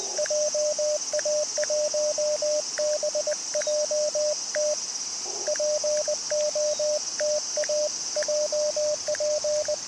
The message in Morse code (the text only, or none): JA1BJT POTA JP